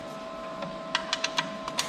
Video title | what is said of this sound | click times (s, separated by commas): Clad Boy CB3 Lifter - Vertical Wall Panels - Training Course - Video 1 of 2 - 4 Cladding Services | You should hear a positive click and you'll notice they're locked in there. | 1.0 s, 1.1 s, 1.2 s, 1.4 s, 1.7 s, 1.8 s